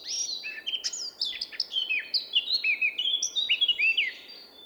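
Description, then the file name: Eurasian blackcap singing a busy warbled phrase of quick chirps and fluty slurs that continues for several seconds, with a light hiss behind it. "Sylvia atricapilla"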